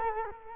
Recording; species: mosquito wingbeat signal from an infrared sensor; Culex quinquefasciatus